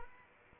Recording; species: mosquito wingbeat signal from an infrared sensor; Anopheles arabiensis